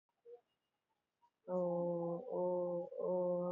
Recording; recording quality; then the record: sustained vowel as in boot; excellent, no background noise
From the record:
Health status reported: COVID-19 positive, moderate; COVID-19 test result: positive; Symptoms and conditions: cough, cold, fever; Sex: male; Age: 34 years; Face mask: worn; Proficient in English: no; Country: India